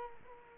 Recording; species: mosquito wingbeat signal from an infrared sensor; Culex quinquefasciatus